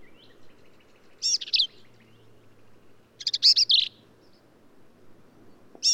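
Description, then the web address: Black-capped vireo singing two brief, complex phrases of rapid chattering and squeaky notes, separated by about two seconds of quiet, a third phrase starting at the end. "birdsongforthecurious Black-capped Vireo"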